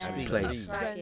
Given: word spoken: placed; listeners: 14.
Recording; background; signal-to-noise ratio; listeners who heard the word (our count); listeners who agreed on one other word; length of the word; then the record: one English word in noise, from a listening test; four-talker babble; 0.6 dB; 4 of 14; 9 of 14; 0.62 s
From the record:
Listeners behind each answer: 9, 4, 1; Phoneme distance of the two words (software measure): 7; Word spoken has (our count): 1 syllable, 5 phonemes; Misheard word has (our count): 1 syllable, 4 phonemes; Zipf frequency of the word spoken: 4.40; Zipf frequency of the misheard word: 5.78